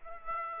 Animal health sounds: mosquito wingbeat signal from an infrared sensor; Aedes aegypti

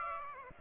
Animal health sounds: mosquito wingbeat signal from an infrared sensor; Aedes aegypti

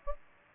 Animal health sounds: mosquito wingbeat signal from an infrared sensor; Aedes aegypti

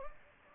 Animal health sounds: mosquito wingbeat signal from an infrared sensor; Anopheles gambiae

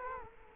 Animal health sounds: mosquito wingbeat signal from an infrared sensor; Culex quinquefasciatus

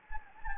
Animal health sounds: mosquito wingbeat signal from an infrared sensor; Anopheles gambiae

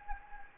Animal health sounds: mosquito wingbeat signal from an infrared sensor; Anopheles gambiae

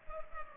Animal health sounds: mosquito wingbeat signal from an infrared sensor; Culex pipiens

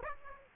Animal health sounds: mosquito wingbeat signal from an infrared sensor; Aedes aegypti

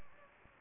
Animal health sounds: mosquito wingbeat signal from an infrared sensor; Anopheles gambiae

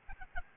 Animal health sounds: mosquito wingbeat signal from an infrared sensor; Aedes albopictus

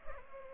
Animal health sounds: mosquito wingbeat signal from an infrared sensor; Culex pipiens

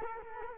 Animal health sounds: mosquito wingbeat signal from an infrared sensor; Culex quinquefasciatus

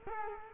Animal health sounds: mosquito wingbeat signal from an infrared sensor; Culex quinquefasciatus

